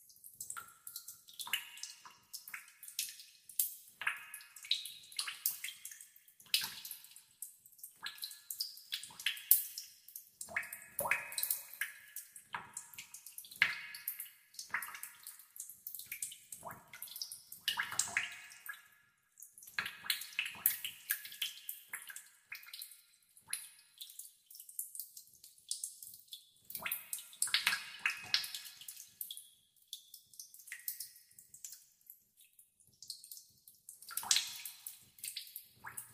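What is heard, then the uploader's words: Water drips and splashes in a quick, irregular patter, with bright, crisp droplets landing every fraction of a second. The dripping runs steadily for the full length, with slightly busier bursts around the middle and near the end and almost no low sound. Dripping Water.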